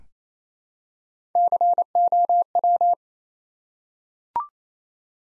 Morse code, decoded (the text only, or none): COW